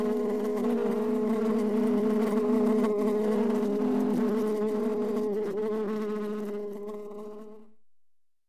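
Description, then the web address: Bees buzzing in a continuous, even drone that holds steady, then fades away and stops near the end. Two bees buzzing. "brzeczenie dwoch pszczol"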